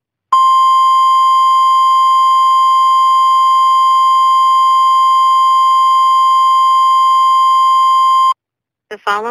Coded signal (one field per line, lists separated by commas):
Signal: Emergency Alert System (SAME) tones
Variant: 1050 Hz attention tone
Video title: The Crisis of '24: An EAS Scenario